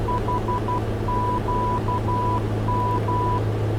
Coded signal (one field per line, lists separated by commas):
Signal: Morse code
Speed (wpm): 12 wpm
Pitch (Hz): 990 Hz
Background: none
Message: HQM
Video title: Radio Aids to Navigation (VOR/NDB) | A2A 182T | ORBX PNW